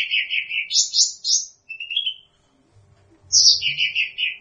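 Bird song of buzzy trilled phrases at two pitches, a short pause, then another trilled phrase.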